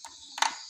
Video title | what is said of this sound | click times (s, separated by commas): tutorial penyambungan kabel UTP LAN dari modem ke fiberhome | jadi kita tinggal colokan seperti ini Sampai bunyi klik | 0.4 s